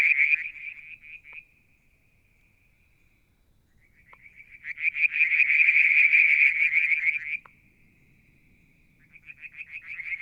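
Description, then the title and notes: A brief frog trill gives way to a faint drawn-out tone and a quiet gap. A loud dense trilling burst follows, then renewed pulsed calls. Limnodynastes peronii, Litoria verreauxii and an unidentified frog calling one evening near a water tank, Mount Wilson, New South Wales, Australia, July 2022. "Frog song, Mount Wilson, New South Wales, Australia in July 2022 – by Alexander Moffatt. Limnodynastes Peronii, Litoria Verreauxii and a mystery frog one evening near the water tank"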